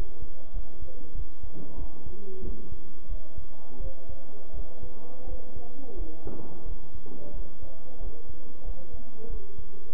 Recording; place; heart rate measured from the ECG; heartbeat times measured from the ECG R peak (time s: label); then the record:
heart sounds by stethoscope; between the tricuspid and mitral areas; 89 bpm
0.52 s: heartbeat
1.13 s: heartbeat
1.76 s: heartbeat
2.42 s: heartbeat
3.08 s: heartbeat
3.79 s: heartbeat
4.52 s: heartbeat
5.26 s: heartbeat
5.95 s: heartbeat
6.64 s: heartbeat
7.32 s: heartbeat
7.99 s: heartbeat
8.63 s: heartbeat
9.28 s: heartbeat
9.92 s: heartbeat
From the record:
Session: bicycle stress test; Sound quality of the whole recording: good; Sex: male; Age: 23 years